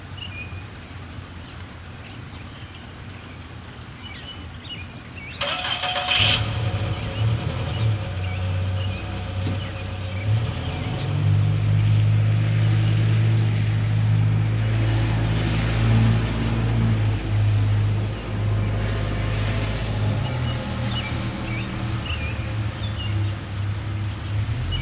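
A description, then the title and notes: A delivery truck rumbles to life about five seconds in, its low engine drone swelling and steady through the middle before easing slightly toward the end. Before it starts, a quiet suburban backdrop holds faint bird chirps and soft rain hiss. Suburban Soundscape 001: Light Rain, Birds, Vehicles. Sounds from my neighborhood on a day with some light rain. A delivery truck makes its rounds. The usual birds chirping away. Recorder: Zoom H6 Mic: XYH-6 X/Y Capsule 120 Degrees Gain Setting: 5.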